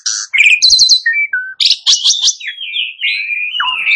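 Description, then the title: Asian pied starling song, quick chattering trills and rattles followed by sliding whistled notes. Starling starts singing in under a minute. "Belum Satu Menit Jalak Suren Langsung Bunyi"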